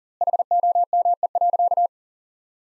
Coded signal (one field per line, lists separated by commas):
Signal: Morse code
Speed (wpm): 40 wpm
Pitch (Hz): 700 Hz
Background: none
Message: HOME.